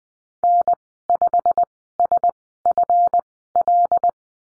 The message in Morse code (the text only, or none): N5SFL